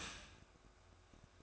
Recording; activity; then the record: daily activity, microphone in the room; start toaster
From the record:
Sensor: 2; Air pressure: 1004.1 hPa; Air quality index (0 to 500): 193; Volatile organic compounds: 11 ppm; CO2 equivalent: 2317 ppm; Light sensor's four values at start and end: 4/10/4/4 and 4/10/4/4